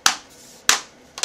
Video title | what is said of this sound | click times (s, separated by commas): How to replace laptop screen [HP G71 447US] | you get her snapped in place | 0.1 s, 0.7 s